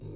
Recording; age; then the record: pig call; weaner (32 to 43 days)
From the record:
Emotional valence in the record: negative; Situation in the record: novel object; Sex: female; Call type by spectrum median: low-frequency call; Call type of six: low-frequency stable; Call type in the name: low-frequency stable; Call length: 0.15 s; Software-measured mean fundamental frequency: 53 Hz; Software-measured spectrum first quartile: 104 Hz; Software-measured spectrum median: 195 Hz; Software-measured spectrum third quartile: 417 Hz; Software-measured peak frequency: 115 Hz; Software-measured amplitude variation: 83 dB a second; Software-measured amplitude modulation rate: 25.7 a second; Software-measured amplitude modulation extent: 3.2 dB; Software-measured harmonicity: -1.9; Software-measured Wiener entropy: 0.21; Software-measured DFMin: 798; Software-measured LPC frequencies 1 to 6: 345, 2481, 3886, 4320, 5391, 7543 Hz